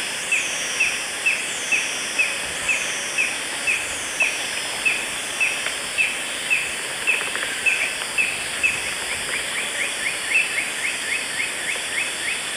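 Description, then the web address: Paradise jacamar giving evenly spaced high piping notes, which speed up after about nine seconds into a faster run of rapid notes, against steady background hiss. South America, eastern lowlands; call and song. "Natures Songs S America Eastern Lowlands Galbula dea, call and song"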